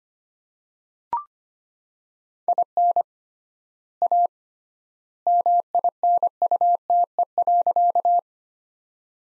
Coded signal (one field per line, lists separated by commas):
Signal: Morse code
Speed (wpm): 25 wpm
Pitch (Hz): 700 Hz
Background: none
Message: IN A MINUTE.